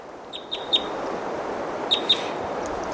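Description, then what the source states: Crossbill calls: a few short sharp high chip notes, then two more near two seconds, over steady wind noise. Decoy bird calling, with another bird right near it, in a pine-oak forest on a ridge; windy.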